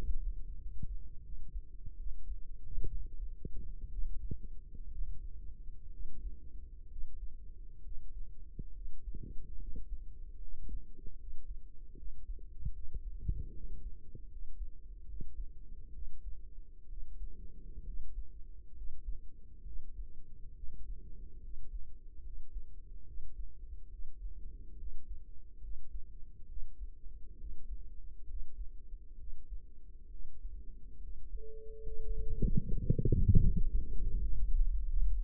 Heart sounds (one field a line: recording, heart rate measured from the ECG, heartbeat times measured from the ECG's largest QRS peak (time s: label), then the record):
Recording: heart sounds by microphone in the right ear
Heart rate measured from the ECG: 70 bpm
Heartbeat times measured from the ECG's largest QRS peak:
0.57 s: heartbeat
1.20 s: heartbeat
1.96 s: heartbeat
2.87 s: heartbeat
3.88 s: heartbeat
4.88 s: heartbeat
5.89 s: heartbeat
6.87 s: heartbeat
7.80 s: heartbeat
8.71 s: heartbeat
9.56 s: heartbeat
10.37 s: heartbeat
11.15 s: heartbeat
11.93 s: heartbeat
12.71 s: heartbeat
13.51 s: heartbeat
14.26 s: heartbeat
15.04 s: heartbeat
15.90 s: heartbeat
16.86 s: heartbeat
17.82 s: heartbeat
18.72 s: heartbeat
19.62 s: heartbeat
20.52 s: heartbeat
21.39 s: heartbeat
22.20 s: heartbeat
23.03 s: heartbeat
23.88 s: heartbeat
24.74 s: heartbeat
25.58 s: heartbeat
26.45 s: heartbeat
27.35 s: heartbeat
28.24 s: heartbeat
29.15 s: heartbeat
30.08 s: heartbeat
30.98 s: heartbeat
31.81 s: heartbeat
32.66 s: heartbeat
33.45 s: heartbeat
34.17 s: heartbeat
34.85 s: heartbeat
From the record:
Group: healthy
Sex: male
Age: 35 years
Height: 178 cm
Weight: 64 kg